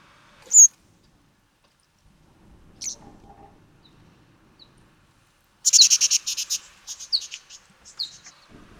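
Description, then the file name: Orange-bellied parrot giving sharp, high chirps spaced a few seconds apart, then a quick buzzy burst of notes followed by more thin chirps, in otherwise quiet surroundings. "Golosa ptic - Oranzhevobryuhij travyanoj popugajchik Neophema chrysogaster"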